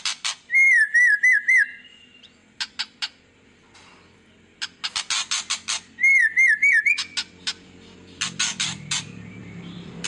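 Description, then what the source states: White-rumped shama song, a warbled wavering whistle phrase given twice, each followed by runs of loud harsh chattering notes. Lure song of an actively singing ('gacor') murai batu, played to make other birds respond.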